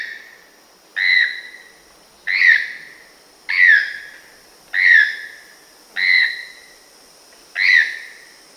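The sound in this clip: Choco toucan calling with harsh, slightly descending yelps, each note evenly spaced roughly every 1.3 seconds, six calls in a row against quiet background hiss.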